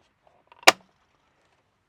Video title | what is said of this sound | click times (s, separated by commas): STARLINK MINI - EVERYTHING YOU NEED TO KNOW | Clicks in place like that | 0.7 s